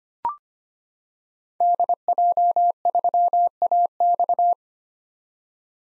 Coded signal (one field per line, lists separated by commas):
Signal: Morse code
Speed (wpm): 25 wpm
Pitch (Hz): 700 Hz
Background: none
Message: DJ3AX